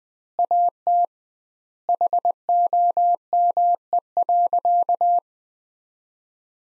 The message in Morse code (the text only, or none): AT HOME.